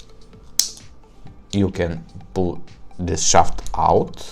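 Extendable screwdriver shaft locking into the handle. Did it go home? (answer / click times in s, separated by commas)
yes / 0.6 s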